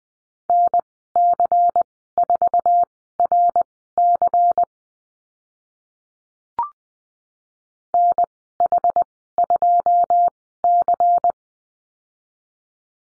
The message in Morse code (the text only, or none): NC4RC NH2C